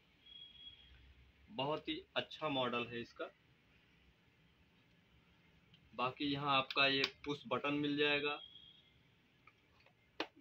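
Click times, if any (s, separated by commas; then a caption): 10.2 s. The hinged lid of a universal car armrest console is pressed closed into its push-button latch while someone talks. The latch catches with a sharp click at 10.2 s, and the lid is locked shut and will not open now.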